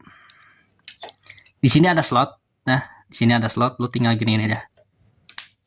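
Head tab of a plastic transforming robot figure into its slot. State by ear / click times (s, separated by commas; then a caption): seated / 5.4 s. The head tab of a plastic Optimus Prime transforming robot figure is pushed into its slot during transformation. Someone talks, then after a pause there is a short snap at 5.3 s and a sharper click at 5.4 s as the tab seats in the slot.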